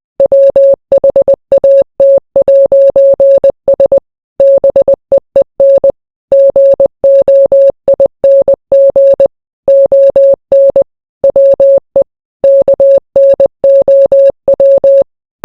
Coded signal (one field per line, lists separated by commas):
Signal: Morse code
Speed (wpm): 20 wpm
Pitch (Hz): 550 Hz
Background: none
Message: WHAT'S BEEN GOING ON WE KNOW